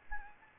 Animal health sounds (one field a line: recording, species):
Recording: mosquito wingbeat signal from an infrared sensor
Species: Anopheles gambiae